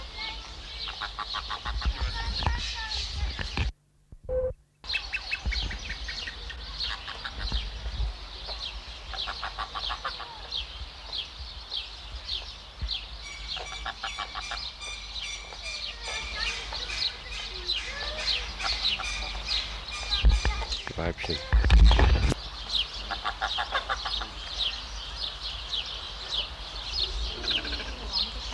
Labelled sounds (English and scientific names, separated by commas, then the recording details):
Greylag Goose (Anser anser)
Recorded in captivity
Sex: female
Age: adult
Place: Zoo Halle, Sachsen-Anhalt, DE
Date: 1993-04-24
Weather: heiter, 16-24°C
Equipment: Sony WM-D6C, Sony ECM-939 LT, Kopie Uher Variocord 263
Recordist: Tembrock, Günter